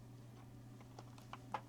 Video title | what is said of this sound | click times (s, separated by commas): Legendary 6×6 Soviet Military Truck WPL B36-2 BM-21 Rocket Launcher (Snow Crawl) | Should snap right into place. | 1.5 s